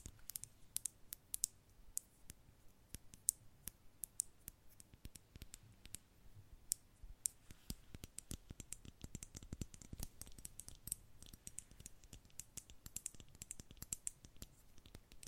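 Fingers tap on a mix of random objects, like an old passport, a handmade calendar, a Rubik's cube and a hot water bottle. Quick, uneven clicks and light knocks come constantly, growing denser and busier after the first few seconds, with a soft scratchy rustle underneath.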